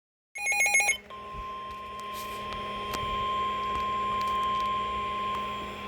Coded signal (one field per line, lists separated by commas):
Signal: Emergency Alert System (SAME) tones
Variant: 1050 Hz attention tone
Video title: Severe Thunderstorm Warning For St Louis MO EAS On 3/13/2024 Part 2